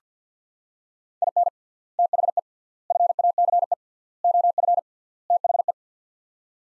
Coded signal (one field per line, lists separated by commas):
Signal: Morse code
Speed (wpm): 50 wpm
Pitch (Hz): 700 Hz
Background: none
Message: IN THE FACE OF THE